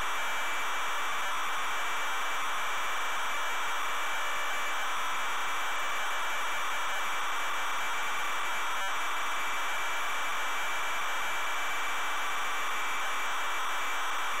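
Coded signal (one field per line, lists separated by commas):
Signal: ZX Spectrum tape loading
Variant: ZX Spectrum cassette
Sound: continuous harsh raspy screech of cassette data, steady loudness, no lead tone heard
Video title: ZX SPECTRUM Loading Driller 1987 Incentive Software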